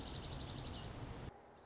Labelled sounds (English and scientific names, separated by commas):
Dark-eyed Junco (Junco hyemalis)